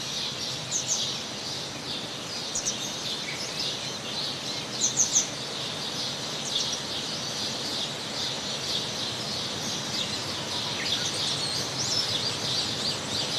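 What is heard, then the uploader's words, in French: A sound walk through a watery landscape, with a steady, dense hiss of flowing water running throughout. Bright bird chirps and short twittering calls ride on top, clustering around one, five and six seconds, with scattered calls later. Un cheminement sonore à travers des paysages aquatiques terrestres et souterrains.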